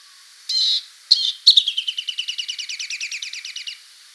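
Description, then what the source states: Rock nuthatch uttering a couple of harsh call notes before a quick descending-then-steady trill of many repeated notes. Song and calls.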